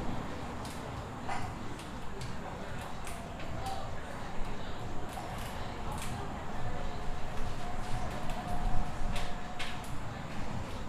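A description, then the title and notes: On an outdoor brewery patio, a steady low murmur of traffic and crowd fills the background. Indistinct voices drift in and out, and frequent short clicks and clinks, like glasses or dishes, scatter throughout, with the din growing slightly louder toward the end. On the patio of Resident Culture Brewing Company on Central Ave.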